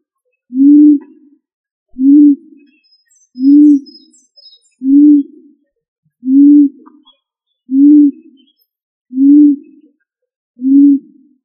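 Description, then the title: Pigeon cooing: eight short, low, hollow coos, each slightly rising then falling, repeated steadily about every second and a half in otherwise quiet surroundings. "Familia ColumbidaePomba"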